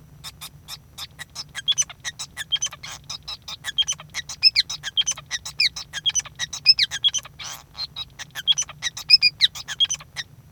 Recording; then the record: song of a male Bengalese finch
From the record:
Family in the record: son of father 5